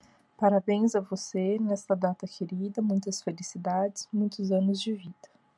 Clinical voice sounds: short text; Brazilian Portuguese; female; 30 to 39 years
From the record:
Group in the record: control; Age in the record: 36 years

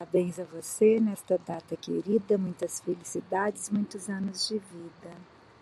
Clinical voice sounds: short text; Brazilian Portuguese; female; 50 to 59 years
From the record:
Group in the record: control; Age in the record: 55 years

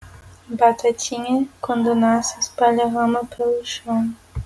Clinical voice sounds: short text; Brazilian Portuguese; female; 18 to 19 years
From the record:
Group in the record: control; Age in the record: 19 years

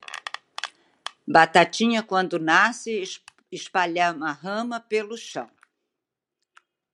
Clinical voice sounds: short text; Brazilian Portuguese; female; 70 to 79 years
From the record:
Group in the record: control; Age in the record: 72 years

